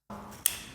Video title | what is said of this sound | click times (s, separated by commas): Leica SL3 + Thypoch Ksana 21mm - Leica-M Quality for $560 ??? | Boom. Locked in. Very nice. | 0.5 s